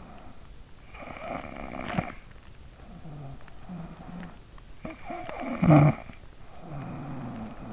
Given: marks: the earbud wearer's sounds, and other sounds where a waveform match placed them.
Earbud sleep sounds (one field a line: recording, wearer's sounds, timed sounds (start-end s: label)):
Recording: sounds in sleep by an in-ear microphone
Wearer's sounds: snoring breath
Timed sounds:
0.76-3.68 s: snoring breath
4.53-7.73 s: snoring breath